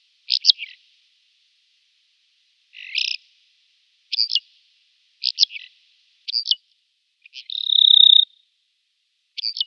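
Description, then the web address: Bar-tailed lark song: short, clipped high notes in small clusters at uneven intervals, one drawn-out steady whistle near the end, otherwise silence. "Schulze Peter Bar-tailed Lark song"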